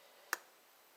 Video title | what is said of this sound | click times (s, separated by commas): Yamaha XJ700X BS33 carb rebuild pt4 | okay and did you hear that click that was that lip that lip locking in that little click | 0.3 s